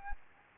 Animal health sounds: mosquito wingbeat signal from an infrared sensor; Anopheles gambiae

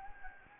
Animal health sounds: mosquito wingbeat signal from an infrared sensor; Anopheles gambiae

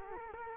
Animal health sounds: mosquito wingbeat signal from an infrared sensor; Culex quinquefasciatus

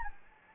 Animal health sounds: mosquito wingbeat signal from an infrared sensor; Anopheles gambiae

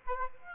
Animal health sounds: mosquito wingbeat signal from an infrared sensor; Aedes aegypti

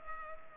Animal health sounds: mosquito wingbeat signal from an infrared sensor; Culex pipiens

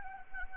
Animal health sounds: mosquito wingbeat signal from an infrared sensor; Anopheles gambiae

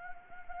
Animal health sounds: mosquito wingbeat signal from an infrared sensor; Anopheles gambiae

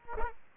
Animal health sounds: mosquito wingbeat signal from an infrared sensor; Culex pipiens

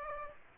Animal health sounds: mosquito wingbeat signal from an infrared sensor; Aedes aegypti

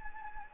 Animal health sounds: mosquito wingbeat signal from an infrared sensor; Anopheles gambiae

